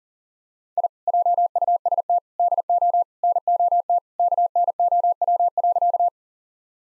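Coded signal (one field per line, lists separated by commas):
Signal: Morse code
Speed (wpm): 40 wpm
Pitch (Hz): 700 Hz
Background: none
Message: I JUST DO NOT KNOW.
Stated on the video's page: Morse code practice sentences for head-copy at 40 wpm.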